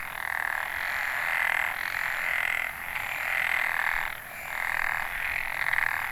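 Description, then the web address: Frogs calling in a dense chorus, overlapping rattling croaks swelling and fading in bouts of roughly one to two seconds, with a steady background hiss. Recorded in northern Nanyo, Ehime Prefecture, Japan, on 29 May 2014. "e h i ehimekennanyohokubu tr 140529 kaeru"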